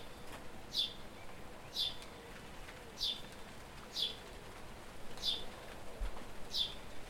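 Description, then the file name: House sparrow calling with short bright chirps, six in all, spaced out, over quiet background noise. "Passer domesticus"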